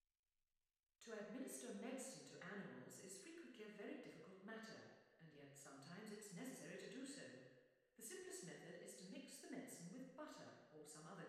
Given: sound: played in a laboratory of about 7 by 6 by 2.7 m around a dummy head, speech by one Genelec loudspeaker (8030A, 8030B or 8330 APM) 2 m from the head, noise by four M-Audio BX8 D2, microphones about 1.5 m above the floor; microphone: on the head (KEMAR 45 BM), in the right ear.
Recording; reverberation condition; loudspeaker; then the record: female speech in English; high; 150 degrees to the right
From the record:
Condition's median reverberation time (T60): about 1300 ms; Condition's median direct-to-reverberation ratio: about -4.0 dB